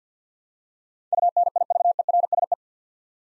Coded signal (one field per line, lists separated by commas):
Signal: Morse code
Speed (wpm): 50 wpm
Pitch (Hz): 700 Hz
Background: none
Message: UNIVERSE